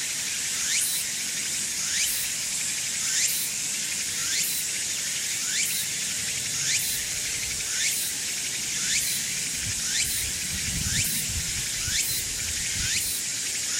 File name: Meimuna opalifera